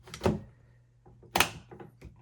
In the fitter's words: but that just snaps back into place.